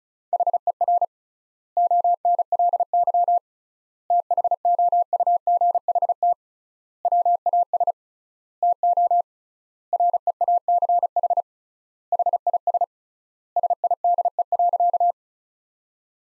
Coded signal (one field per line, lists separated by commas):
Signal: Morse code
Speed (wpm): 36 wpm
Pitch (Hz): 700 Hz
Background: none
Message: HER ONLY THOUGHT WAS TO REACH HIS SIDE.